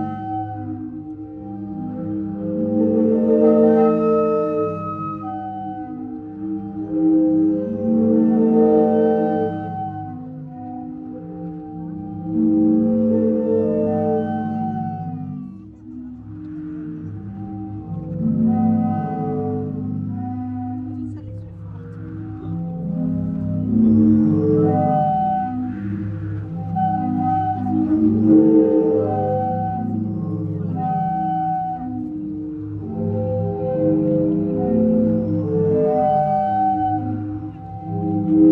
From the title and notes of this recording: Die Meeresorgel in Zadar. Sie klingt zeitgleich zart und kraftvoll.